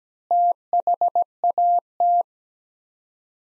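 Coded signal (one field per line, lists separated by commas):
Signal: Morse code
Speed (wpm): 17 wpm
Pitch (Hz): 700 Hz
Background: none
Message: THAT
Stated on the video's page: Morse practice of five-word sets at 17 wpm with 3x word spacing, a Farnsworth-like method using words instead of characters.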